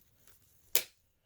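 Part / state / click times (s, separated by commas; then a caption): vacuum hose handle into wand / seated / 0.8 s. A plastic hose handle on a Shark Navigator Lift-Away XL vacuum (CU510) is lined up with the wand, with the handle facing the front, and pushed down. After a faint rustle, one sharp, bright click sounds at 0.8 seconds and fades quickly. The handle is seated in the wand.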